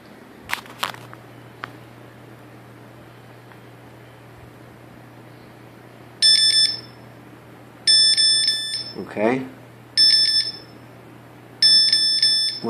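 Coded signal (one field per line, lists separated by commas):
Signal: beep code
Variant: Pixhawk flight controller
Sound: four quick groups of short high-pitched electronic beeps, with a brief voice between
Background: brief speech, room hum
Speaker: this is the bat tone with the sd card incorrectly installed okay one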